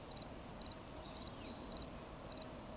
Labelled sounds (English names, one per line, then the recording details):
Eurasian Woodcock whistle
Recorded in Baden-Württemberg, Germany, on 11 June 2020 at 19:39 UTC
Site 24578, 122 m above sea level